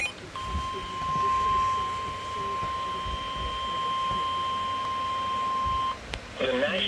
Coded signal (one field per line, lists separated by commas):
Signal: Emergency Alert System (SAME) tones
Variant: 1050 Hz attention tone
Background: speech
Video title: Early Morning Severe Thunderstorm Warning For St Louis MO EAS On 5/7/2024